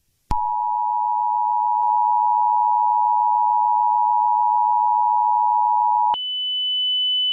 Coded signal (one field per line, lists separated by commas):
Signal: Emergency Alert System (SAME) tones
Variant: 853 and 960 Hz attention tone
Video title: EAS Scenario 15: SpongeBob.EXE